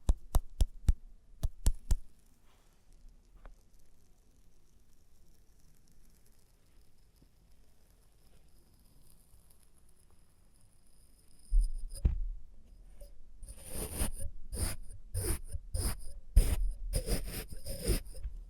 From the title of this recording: Experimental Triggers in Test Tubes